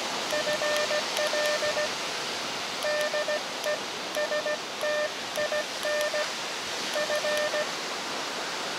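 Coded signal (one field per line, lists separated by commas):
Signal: Morse code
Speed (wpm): 16 wpm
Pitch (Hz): 600 Hz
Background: none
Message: FL DE STIN F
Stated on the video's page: QRP CW contacts in a park using an Elecraft KX2 with a HyEndFed end-fed long wire antenna.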